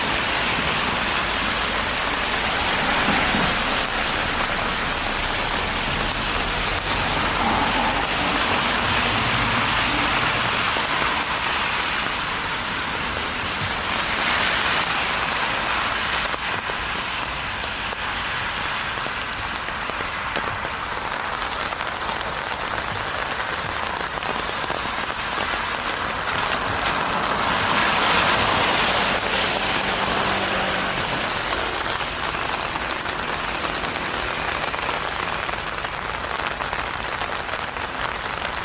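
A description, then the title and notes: Rain falls steadily through a walk around the neighborhood, a dense hiss that fills the whole clip without pause. The sound swells a little around 3, 14 and 28 seconds, and faint low rumbles and murmurs drift underneath. Long Walk In The Rain Around The Neighborhood.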